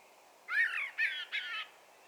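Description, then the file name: Common blackbird giving three harsh, screechy squawks in quick succession, the first longest and the last two shorter. "Turdus merula"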